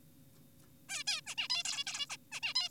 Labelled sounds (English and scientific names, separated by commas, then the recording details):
Zebra Finch (Taeniopygia guttata)
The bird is an adult
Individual g4p5U